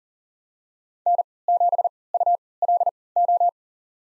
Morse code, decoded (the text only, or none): N7ULO